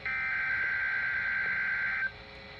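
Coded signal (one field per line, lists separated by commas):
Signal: Emergency Alert System (SAME) tones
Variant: header bursts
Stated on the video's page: NOAA Weather Radio tests.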